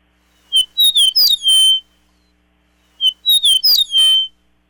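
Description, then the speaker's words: Eastern Meadowlark song: two clear whistled phrases of about five or six slurred, partly descending notes, each slow enough to count, with a pause of about a second between phrases. Example of a song phrase: about five or six different notes, slow enough to count, unlike a warble. "That's an eastern meadowlark singing."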